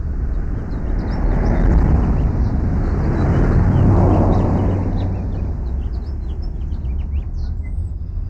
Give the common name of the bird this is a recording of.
House Finch